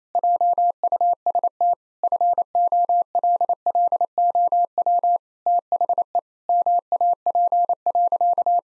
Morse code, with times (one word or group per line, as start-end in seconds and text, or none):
0.2-1.7 JUST
2.0-5.2 FOLLOW
5.5-6.2 THE
6.5-8.6 MAP.